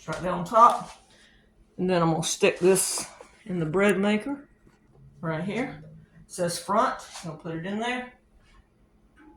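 A bread pan is turned to line up its "front" marking and set into the base of a bread machine, ready to be pushed down to lock. Someone talks throughout, with brief pauses between phrases. Nothing has seated or clicked yet.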